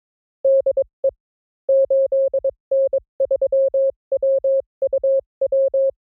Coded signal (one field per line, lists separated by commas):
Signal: Morse code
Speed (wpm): 22 wpm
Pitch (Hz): 560 Hz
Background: none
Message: DE 8N3WUW